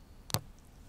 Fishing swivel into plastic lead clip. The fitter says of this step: might have even heard that little snap. So that's properly installed,